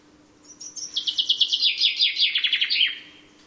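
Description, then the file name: Common chaffinch song: a rapid run of sharp notes slipping downward in pitch into a descending rattle, ending with a brief flourish, about two and a half seconds long. "Fringilla coelebs"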